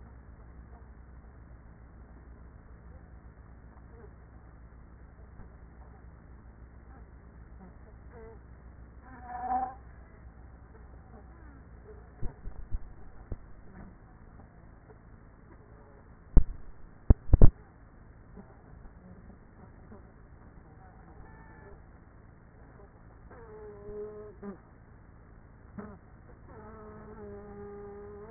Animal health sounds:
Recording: honeybee colony, microphone inside the hive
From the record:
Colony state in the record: queenless with a low population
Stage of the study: after two queens were removed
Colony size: about 30,000 bees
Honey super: no

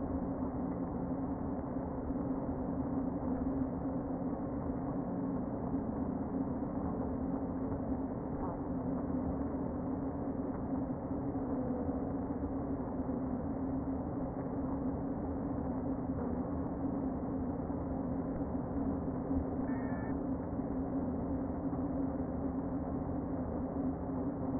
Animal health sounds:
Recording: honeybee colony, microphone inside the hive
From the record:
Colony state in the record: queen present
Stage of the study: before two queens were removed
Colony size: about 60,000 bees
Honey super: yes

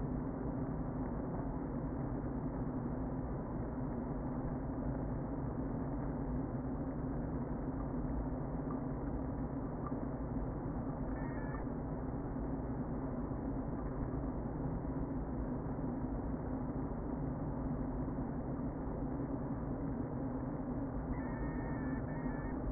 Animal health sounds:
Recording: honeybee colony, microphone inside the hive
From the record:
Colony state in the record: queen present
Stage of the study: before two queens were removed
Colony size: about 60,000 bees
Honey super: yes

